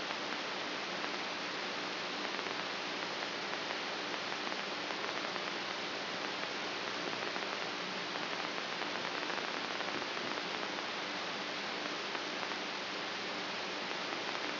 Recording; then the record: brain microelectrode recording played as sound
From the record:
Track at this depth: outside the subthalamic nucleus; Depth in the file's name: 7.266 mm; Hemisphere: left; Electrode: 3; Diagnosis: Parkinson's disease